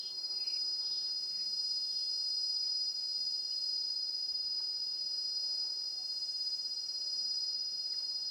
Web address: Sonniss com - GDC 2019-Game Audio Bundle Charlie Atanasyan - Ethiopia ETH Forest in mountain quiet insects very high and flyers